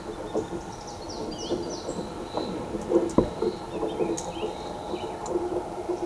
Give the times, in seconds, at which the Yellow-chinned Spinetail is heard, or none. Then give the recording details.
none. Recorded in shrubland near Pivijay, Magdalena, Colombia, on 17 April 2023 at 12:00. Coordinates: 10.453, -74.365. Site P5-G022